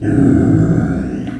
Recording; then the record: squeal of a Yucatan mini pig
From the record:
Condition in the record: after surgery on the right vocal fold (resection and tissue-engineered implant); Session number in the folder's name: 1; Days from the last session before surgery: 13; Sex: female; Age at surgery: 19 weeks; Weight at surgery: 25 kg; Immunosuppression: prednisolone